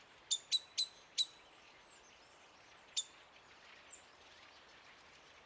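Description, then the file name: Common blackbird clipped call notes, four in quick succession, then scattered single notes later, with soft hiss behind. "Turdus merula"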